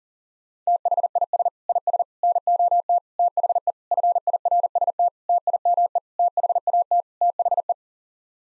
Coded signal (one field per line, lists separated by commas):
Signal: Morse code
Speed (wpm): 37 wpm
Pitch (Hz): 700 Hz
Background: none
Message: THIS IS NOT THE FIRST TIME THAT THE